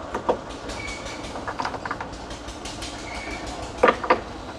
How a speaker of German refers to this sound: Hintergrund tuckert wunderschön die Eisenbahn.